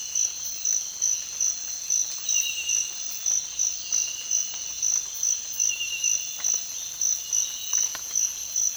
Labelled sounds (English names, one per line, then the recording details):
none
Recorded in dense forest near Puerto Asís, Putumayo, Colombia, on 25 June 2025 at 05:30
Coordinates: 0.466, -76.327
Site GP04